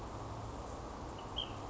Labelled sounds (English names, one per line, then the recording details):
Ash-throated Flycatcher
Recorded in Sonoma County, California